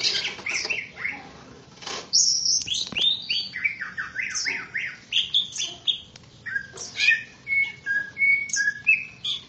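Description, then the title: Greater green leafbird song, a busy medley of high chirps, slurred whistles and squeaky notes, with a run of repeated arched notes. "KICAU BURUNG CUCAK IJO"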